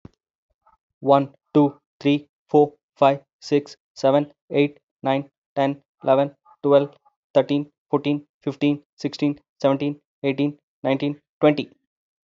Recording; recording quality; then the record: counting at a fast pace; excellent, no background noise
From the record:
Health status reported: healthy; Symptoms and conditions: none ticked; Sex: male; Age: 44 years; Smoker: not ticked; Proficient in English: yes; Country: India